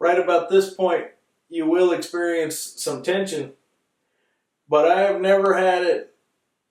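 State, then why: Not seated. A loaded magazine is being handled at the magazine well of a Smith & Wesson M&P Shield pistol with the slide forward, and nothing has seated or clicked yet. Someone talks in three bursts with pauses between them. No distinct mechanical click stands out.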